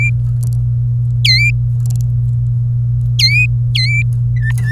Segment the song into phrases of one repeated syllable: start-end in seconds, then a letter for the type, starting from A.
0.00-0.10 A, 1.25-1.50 A, 3.19-3.46 B, 3.75-4.02 B, 4.37-4.71 C